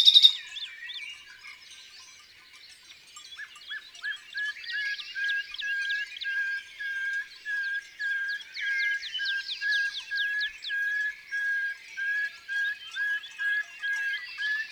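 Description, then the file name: Common nightingale singing a varied, sweeping phrase, then a long series of short, even notes repeated at a steady pace. In the countryside. "Rossignol philomele Chants doiseaux dans la campagne"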